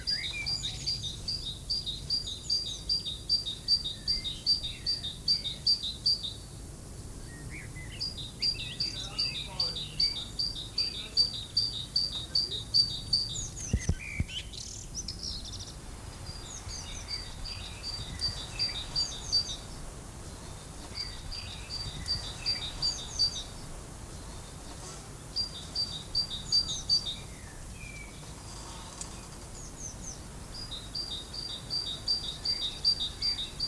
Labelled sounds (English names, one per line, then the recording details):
Great Tit
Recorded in the wild
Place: Lübars, Berlin, DE
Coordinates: 52.6167, 13.35
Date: 2004-04-04 13:49
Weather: overcast, 14°C
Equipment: Fair Mate ST-1328 (Asahi Electronics, Japan), Sennheiser ME 80, Kopie Uher 4000 Report Monitor
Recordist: Tembrock, Günter